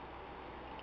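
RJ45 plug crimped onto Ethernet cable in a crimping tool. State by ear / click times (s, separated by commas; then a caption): not seated / none. An RJ45 plug on an Ethernet cable is being handled in a crimping tool, placed with its clip facing up before the handles are squeezed. The clip holds a steady, broadband rumbling noise at an even level with no sudden sounds. Nothing has clicked or been crimped yet.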